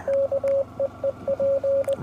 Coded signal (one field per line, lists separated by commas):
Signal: Morse code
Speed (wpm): 20 wpm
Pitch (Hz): 550 Hz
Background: radio noise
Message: KEEP